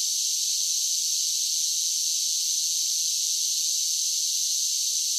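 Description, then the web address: Continuous shrill cicada buzzing, a flat, unwavering high drone with no other sounds. Several cicadas singing together. "Blastwave INSECTS Cicadas Sing"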